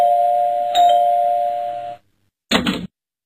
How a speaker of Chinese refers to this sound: 不一会儿啊，家里的门铃就响了。